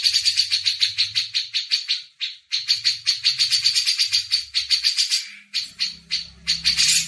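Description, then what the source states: Grey-cheeked Bulbul chattering almost continuously in fast, buzzy pulses, with a low droning hum in places. Masteran tutor recording for training songbirds.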